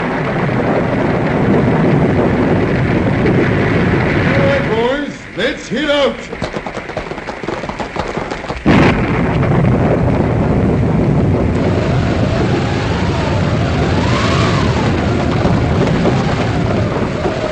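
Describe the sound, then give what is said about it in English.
A storm roars with steady, loud rushing wind throughout, broken by a sudden sharp crack of thunder midway. A brief burst of clattering comes just before it, and a man shouts briefly. “And so, as the storm breaks around them, the sheriff's posse gathers at Pine Creek Forks, prepared for action.”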